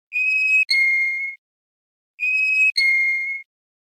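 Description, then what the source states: Russian canary sounding a two-note pair twice, a higher note followed at once by a lower, longer ringing note. Russian canary bunting-style song, tour 'din-don', the song's final flourish: two modified otboy strokes, first higher, second lower and longer.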